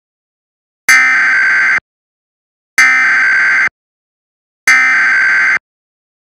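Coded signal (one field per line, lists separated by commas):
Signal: Emergency Alert System (SAME) tones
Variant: header bursts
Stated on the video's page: Mock EAS alert, simulated, with tones generated by an EAS encoder program.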